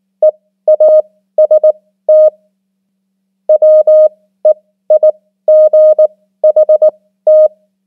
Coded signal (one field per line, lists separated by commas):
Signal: Morse code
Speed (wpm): 19 wpm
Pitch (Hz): 620 Hz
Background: none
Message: EAST WEIGHT